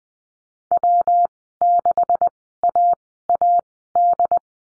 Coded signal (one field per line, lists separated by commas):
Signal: Morse code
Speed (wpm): 20 wpm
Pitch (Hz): 700 Hz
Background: none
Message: W6AAD